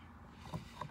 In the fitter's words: just shove back and snap both sides into place alright